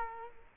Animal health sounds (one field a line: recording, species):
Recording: mosquito wingbeat signal from an infrared sensor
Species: Culex quinquefasciatus